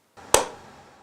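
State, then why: Seated. After a battery change, the plastic front cover of a wireless PowerMaster PIR motion detector is hooked at the top and hinged down onto the back housing. A faint low background precedes a single sharp, loud click at 0.3 s as the cover snaps into place, followed by a short decaying ring.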